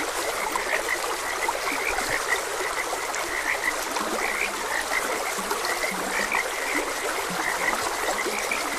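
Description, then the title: Frogs croaking in a steady chorus of short, bright notes, with a few deeper croaks beneath, over the constant rush of a flowing stream. Frogs croaking beside a gentle stream. "Gentle Stream and Frogs Croaking"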